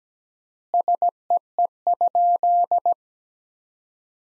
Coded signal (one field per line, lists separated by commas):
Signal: Morse code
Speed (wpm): 17 wpm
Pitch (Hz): 700 Hz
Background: none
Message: SEE?